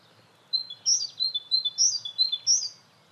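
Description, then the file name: Great tit calls, a rapid series of high chirps mixed with short buzzy notes. "Parus major"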